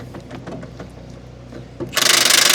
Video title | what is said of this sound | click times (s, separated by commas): Upgrading the Suspension on the 66 Mustang | The problem is that the nut that's inside the frame rail seems to be stripped out. | 0.2 s, 0.5 s, 0.8 s